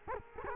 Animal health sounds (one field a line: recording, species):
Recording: mosquito wingbeat signal from an infrared sensor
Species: Culex quinquefasciatus